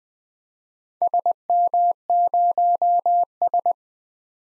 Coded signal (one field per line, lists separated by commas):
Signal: Morse code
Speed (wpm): 20 wpm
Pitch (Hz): 700 Hz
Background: none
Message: SM0S